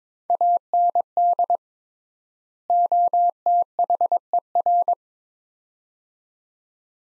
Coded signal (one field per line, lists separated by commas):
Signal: Morse code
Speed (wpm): 22 wpm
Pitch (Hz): 700 Hz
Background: none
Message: AND OTHER